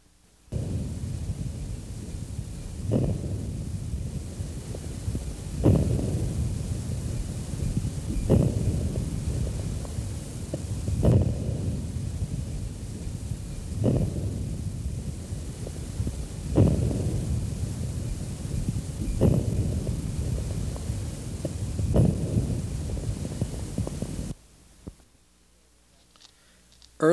Early inspiratory crackles. Early inspiratory crackles are characteristic of severe airway obstruction and appear to be produced in the proximal and larger airways. are not silenced by cough or change of posture. Among the diseases associated with early inspiratory crackles are chronic bronchitis, asthma, and emphysema.